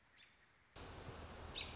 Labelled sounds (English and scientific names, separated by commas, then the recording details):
American Robin (Turdus migratorius)
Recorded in Sonoma County, California